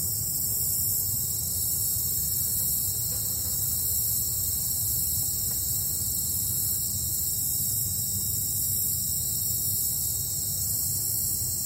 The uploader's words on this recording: A forest near a large lake. The soothing sounds of buzzing insects and softly chirping birds in the distance.